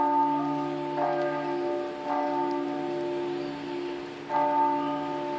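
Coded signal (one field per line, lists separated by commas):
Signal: bell signal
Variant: single swinging bell (distesa)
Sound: a single church bell swinging, struck irregularly about 3 times, long ringing hum between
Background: outdoor ambience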